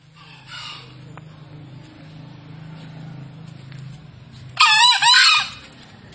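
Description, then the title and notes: Green junglefowl delivering one loud raspy two-part crow over a steady low engine-like hum and a faint earlier call. Wild green junglefowl, a released bird calling loudly from a tree; used as a lure for junglefowl. "Panggilan Ayam Hutan Liar. Ayam Hutan Hijau Dilepas Bebas n Bunyi Gacor Diatas Pohon. Pemikat Ayam Hutan"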